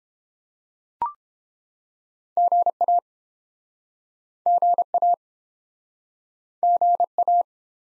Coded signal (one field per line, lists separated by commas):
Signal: Morse code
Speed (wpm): 30 wpm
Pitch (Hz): 700 Hz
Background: none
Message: GA GA GA